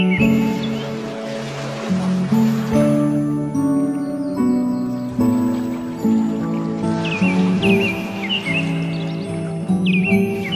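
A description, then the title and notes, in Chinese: Soft, light music plays throughout, with steady low sustained chords that shift every second or two, while a hiss like waves washing rises and falls beneath. Seagulls call in short bright bursts, mostly near the start and again from about seven seconds on. 海浪海鸥伴随轻音乐。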